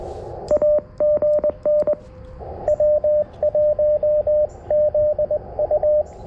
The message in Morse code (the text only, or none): AGN W1ZU